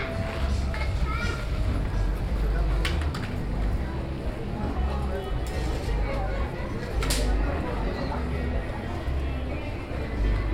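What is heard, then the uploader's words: A busy flea market, with overlapping voices of shoppers and vendors chattering at a steady level throughout. A deep rumble runs underneath, likely traffic or machinery, and a few sharp clicks and clatters cut through around the third and seventh seconds. Austin Country Flea Market.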